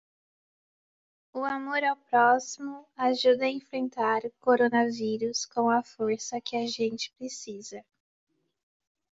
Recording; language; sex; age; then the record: spoken sentence; Brazilian Portuguese; female; 20 to 29 years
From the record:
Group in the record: control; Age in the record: 20 years